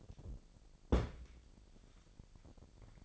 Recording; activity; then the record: daily activity, microphone in the room; place on stove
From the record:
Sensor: 5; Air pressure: 1012.1 hPa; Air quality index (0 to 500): 238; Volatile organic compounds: 4 ppm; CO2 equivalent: 1576 ppm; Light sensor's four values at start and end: 42/95/41/44 and 43/98/42/45